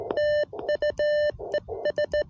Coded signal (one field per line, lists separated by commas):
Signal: Morse code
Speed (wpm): 17 wpm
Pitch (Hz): 600 Hz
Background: none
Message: TU ES